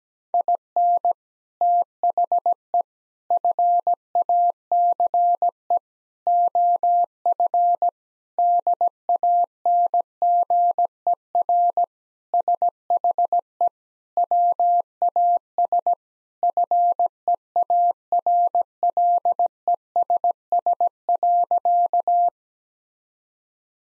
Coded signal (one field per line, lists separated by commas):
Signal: Morse code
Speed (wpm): 17 wpm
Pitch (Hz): 700 Hz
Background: none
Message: IN THE FACE OF DANGER SHE WAS FEARLESS.